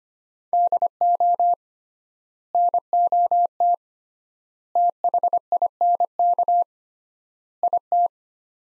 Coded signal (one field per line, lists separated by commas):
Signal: Morse code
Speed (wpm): 25 wpm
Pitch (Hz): 700 Hz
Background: none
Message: DO NOT THINK IT